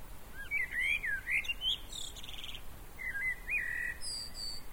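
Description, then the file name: Common blackbird delivering a mellow, looping whistled phrase, then a short lower warble and thin high squeaks, with soft background hiss. "Turdus merula"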